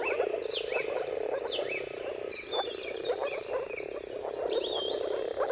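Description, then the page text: Moor frog mating chorus of steady, low, bubbling calls from many frogs, while birds sing thin, rising and falling whistles over the top. Moor frog mating chorus at sunrise, at the turn of March and April, with timing depending on the weather. "earth-fm Jakub-Orzecki moor frogs. Dawn’s Chorus: Mating Calls of Marsh Frogs at Sunrise. Depending on the weather at the turn of March and April, you can witness an amazing spectacle of moor frogs"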